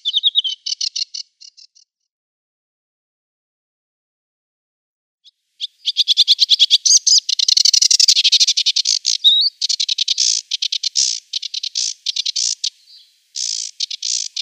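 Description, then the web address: Sedge warbler singing: a short chatter, several seconds of quiet, then a long, dense stream of rapid buzzy and rattling notes. "Schulze Peter Sedge Warbler song"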